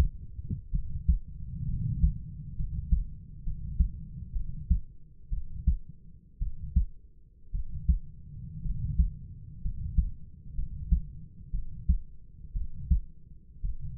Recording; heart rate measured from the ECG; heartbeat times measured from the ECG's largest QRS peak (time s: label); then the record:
heart sounds by stethoscope; 60 bpm
0.71 s: heartbeat
1.66 s: heartbeat
2.56 s: heartbeat
3.44 s: heartbeat
4.33 s: heartbeat
5.30 s: heartbeat
6.39 s: heartbeat
7.52 s: heartbeat
8.63 s: heartbeat
9.62 s: heartbeat
10.55 s: heartbeat
11.51 s: heartbeat
12.53 s: heartbeat
13.62 s: heartbeat
From the record:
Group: healthy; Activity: rest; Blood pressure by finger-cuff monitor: 112/61 mmHg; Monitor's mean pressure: 72 mmHg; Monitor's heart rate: 63 bpm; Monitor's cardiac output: 5.3 L/min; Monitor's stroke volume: 85 mL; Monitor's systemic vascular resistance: 990 dyn s/cm5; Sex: male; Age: 25 years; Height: 170 cm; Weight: 70.4 kg